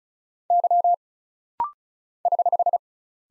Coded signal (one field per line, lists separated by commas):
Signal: Morse code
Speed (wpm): 36 wpm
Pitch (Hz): 700 Hz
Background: none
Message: Y <HH>